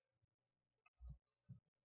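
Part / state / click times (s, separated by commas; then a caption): laptop bottom cover onto chassis / not seated / none. During an SSD upgrade on a Lenovo IdeaPad Flex 14 laptop, the plastic bottom cover is set down onto the chassis hinge-side first and lined up before being pressed down. Only a faint background hum and two soft, low thuds around 1.0 to 1.2 s and 1.5 s are heard as the cover is handled. Nothing has seated or clicked yet.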